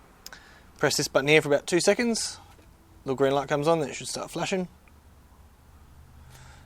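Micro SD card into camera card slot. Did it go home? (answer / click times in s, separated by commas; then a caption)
yes / 0.3 s. A micro SD memory card is pushed into the card slot of a small Awaretech ZIR32 night vision spy camera and clicks into place at 0.3 s as the spring latch seats, with the words on the card facing away from the sticker. Someone talks after the click, and the card is seated.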